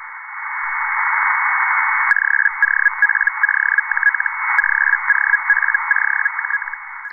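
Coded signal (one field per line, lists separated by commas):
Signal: Hellschreiber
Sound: hiss, then a rapid buzzing on-off keyed tone stuttering in short groups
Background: radio static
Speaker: i'm calling qrz who's calling me and I finish that up with PSC k which is abbreviation of please respond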